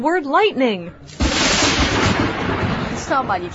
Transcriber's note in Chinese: Enter sharp lightning crack